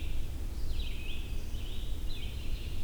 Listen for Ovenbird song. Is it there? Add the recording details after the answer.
no. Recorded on 22 June 2016 at 07:02. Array SBT-6-76